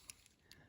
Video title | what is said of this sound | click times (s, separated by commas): Hot Wheels (Variations) Silver & Gold Wheel Rims | See the little clicks right there, the plastic little indentations? | 0.1 s, 0.3 s, 0.5 s